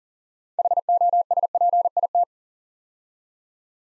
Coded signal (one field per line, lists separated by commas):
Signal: Morse code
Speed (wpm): 40 wpm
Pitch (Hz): 700 Hz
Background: none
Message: HOSPIT